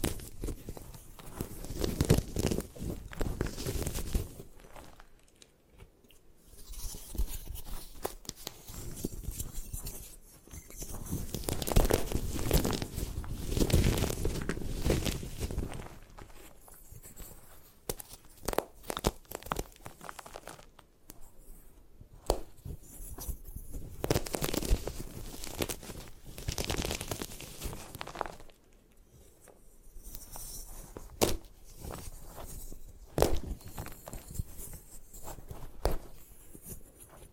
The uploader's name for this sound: Destroy Gym Chalk